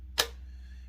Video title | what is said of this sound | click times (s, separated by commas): Bosch circular saw | increment marks it snaps in place | 0.2 s